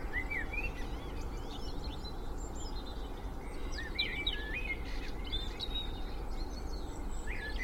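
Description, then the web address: Birds: scattered whistled phrases and thin high chirps from several birds, fairly quiet above a dominant steady low roar of traffic. Spring dawn chorus recorded in Cheshire, UK, with distant traffic noise in the background. "beanstalk-audio Spring dawn chorus with distant traffic noise Cheshire UK"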